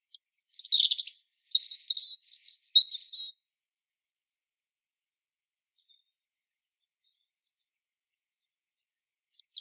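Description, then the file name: European robin singing one dense phrase of rapid twittering and wavering high notes, then mostly silence with only faint single ticks afterwards. "Erithacus rubecula"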